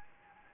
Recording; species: mosquito wingbeat signal from an infrared sensor; Anopheles gambiae